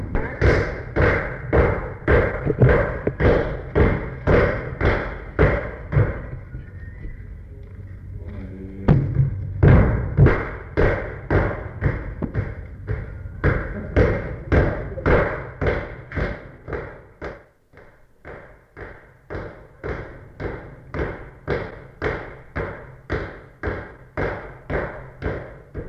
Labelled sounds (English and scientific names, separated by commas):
Chimpanzee (Pan troglodytes)